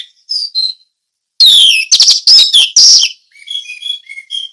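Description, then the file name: Orange-headed thrush: soft whistled notes, then a loud burst of harsh rapid trills, ending with a quieter series of thin whistles. Song in the style called 'ngeplong teler'; Indonesian name anis merah. "suara anis merah ngeplong teler"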